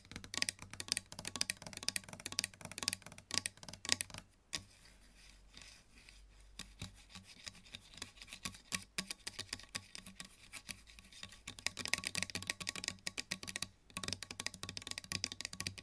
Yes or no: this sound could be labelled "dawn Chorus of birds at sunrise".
no